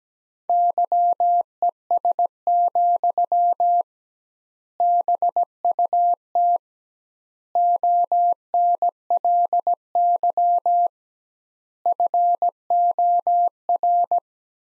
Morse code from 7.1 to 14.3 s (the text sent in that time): ONLY FOR